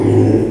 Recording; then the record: squeal of a Yucatan mini pig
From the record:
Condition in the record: before surgery on the right vocal fold (resection and tissue-engineered implant); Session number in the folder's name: 2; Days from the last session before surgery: 0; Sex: male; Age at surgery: 12 weeks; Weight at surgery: 13 kg